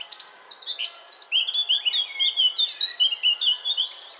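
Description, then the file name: Eurasian blackcap song: a continuous stream of quick, varied warbled notes, louder after the opening. "Sylvia atricapilla"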